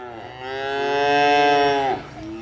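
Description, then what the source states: Cow giving one long, loud moo that swells and then drops off near the end. Cows of Visionaire Farms, a family-run farm in El Dorado, Wisconsin; near feeding time.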